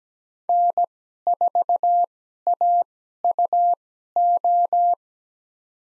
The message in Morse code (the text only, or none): N4AUO